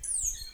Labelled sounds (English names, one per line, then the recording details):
Stitchbird song
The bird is a male
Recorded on Tiritiri Matangi Island, New Zealand, in 2005
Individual 4, of nest box 4